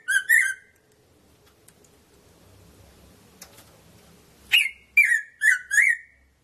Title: Erythrura Psittacea